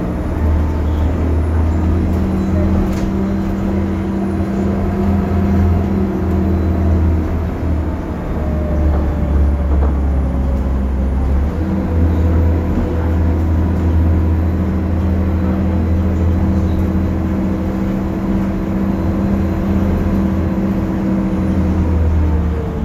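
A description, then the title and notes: A bus engine drones low and steady throughout, its hum shifting slightly in pitch around ten seconds, over a constant rushing road noise. Public Transport in Istanbul. BredaMenarinibus Avancity+ CNG (Karsan). White Noise Bus.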